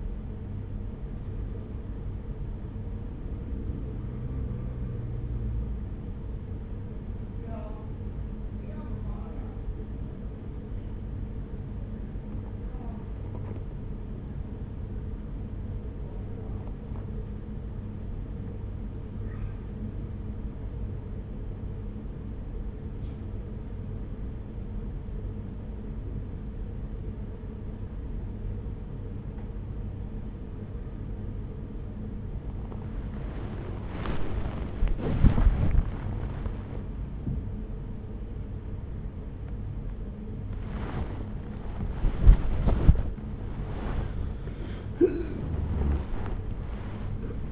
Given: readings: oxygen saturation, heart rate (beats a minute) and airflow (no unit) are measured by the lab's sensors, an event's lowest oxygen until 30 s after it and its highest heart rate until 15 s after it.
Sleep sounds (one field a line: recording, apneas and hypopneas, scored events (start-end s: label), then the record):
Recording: a person awake in a sleep study, by a smartphone at the bedside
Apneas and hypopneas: none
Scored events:
0.00-47.52 s: awake
0.00-47.52 s: awake
From the record:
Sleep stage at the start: awake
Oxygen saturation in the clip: 91 to 98%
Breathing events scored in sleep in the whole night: 210 in 6.9 hours asleep